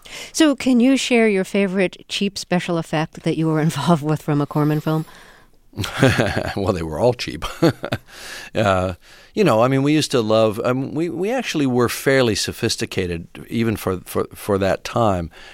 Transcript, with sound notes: So can you share your favorite cheap special effect that you were involved with from a Corman film?
(Soundbite of laughter) Well, they were all cheap. You know, I mean we used to love - we actually were fairly sophisticated even for that time.